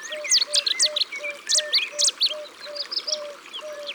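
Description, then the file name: Cetti's warbler song: an explosive run of sharp, emphatic repeated notes for about two seconds, with a soft low note pulsing steadily underneath and softer chirping afterwards. "Bouscarle de Cetti"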